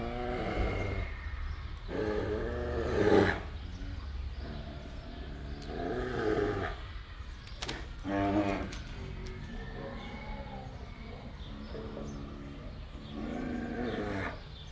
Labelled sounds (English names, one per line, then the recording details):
Brown Bear
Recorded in captivity
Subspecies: middendorffi
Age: adult
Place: Zoo Rostock, Mecklenburg-Vorpommern, DE
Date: 1973-05-22 13:00
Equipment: Uher 4200 Report Stereo, Sennheiser MD 421, Verstärker
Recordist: Tembrock, Günter
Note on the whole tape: Kodiakbär (Ursus arctos middendorfi): Begegnungslaute (Laute vom subdominanten Tier), agonistisches Verhalten. Aufnahmen gegen nachmittag